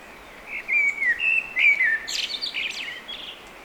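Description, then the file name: Eurasian blackbird song phrase: rich, slowly wavering whistles, then a bright, scratchy, high-pitched twitter closing the phrase. "Turdus merula"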